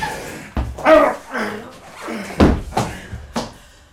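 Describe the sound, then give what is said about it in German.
A fine chair is smashed during a struggle: several sharp, heavy cracks and thuds land irregularly among strained grunts and gasps, the loudest crash coming late in the scuffle. “Schade um Ihren schönen Stuhl, Professor.”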